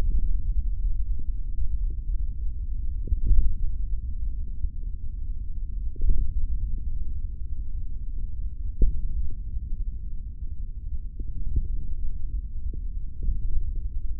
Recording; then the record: forearm muscle sounds (acoustic myography)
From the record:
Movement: finger pinch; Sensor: system 3, bracelet of six PUI Audio POM-2738L microphones around the upper forearm, with dedicated amplification and filtering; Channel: 1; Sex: male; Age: 25 years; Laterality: right